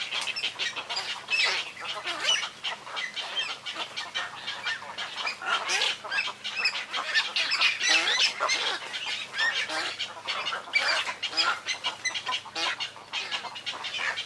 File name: 黃頭鷺